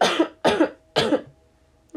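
Three harsh, noisy coughs from an adult woman come in quick succession over about a second and a quarter, then quiet. Each burst rises sharply and tails off with a second push. This is an ordinary cough in an adult with a common cold.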